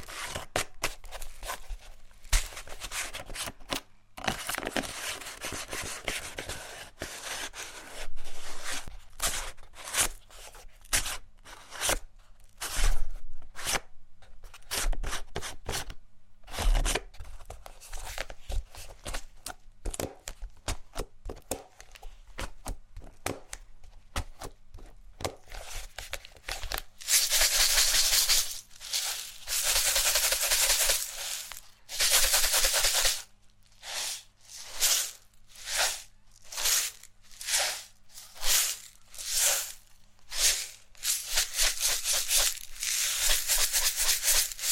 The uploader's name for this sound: ASMR Assortment Of Relaxing RED Triggers